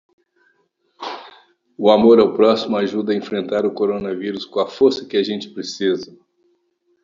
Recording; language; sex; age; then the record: spoken sentence; Brazilian Portuguese; male; 60 to 69 years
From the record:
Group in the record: control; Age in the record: 67 years